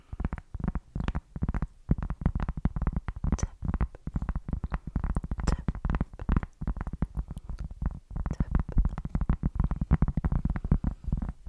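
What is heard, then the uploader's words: Fast tapping on a hard surface, one sharp knock after another in a dense, uneven stream lasting the whole twelve seconds. Each tap is short with a low, hollow thud beneath a brief bright click. Only a few slight pauses break the run. One trigger only tapping (Holz, Glas, etc.)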